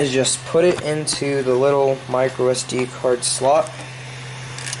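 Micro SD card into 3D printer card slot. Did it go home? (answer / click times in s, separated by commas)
yes / 4.7 s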